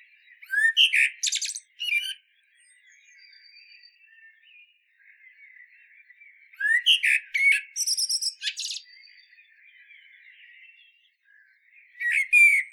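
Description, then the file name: Common blackbird singing three phrases, each with brief warbled notes and a rapid high twittering flourish, faint chatter in the gaps. "Turdus merula"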